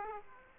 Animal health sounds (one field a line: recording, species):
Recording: mosquito wingbeat signal from an infrared sensor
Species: Aedes aegypti